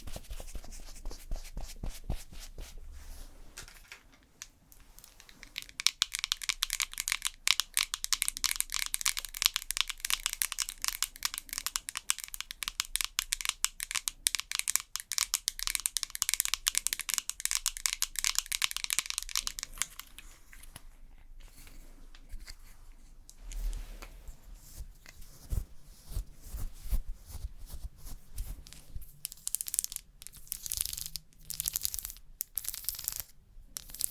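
Fast, aggressive ASMR makeup sounds: dense, rapid crinkling and scratchy tapping with a bright hiss swelling from about 6 to 20 seconds. Things thin out and soft low thumps appear near 24 seconds, then sharp bright crinkles return around 29 to 33 seconds.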